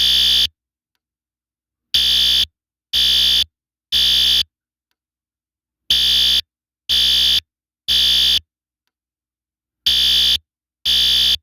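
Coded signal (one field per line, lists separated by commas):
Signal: alarm pattern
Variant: electronic fire alarm horn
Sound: harsh buzzing horn blasts, three short blasts then pause, repeating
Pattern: temporal three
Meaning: Temporal-3 pattern signals building evacuation due to fire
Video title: System Sensor L Series Temporal Code 3 Fire Alarm Sound Effect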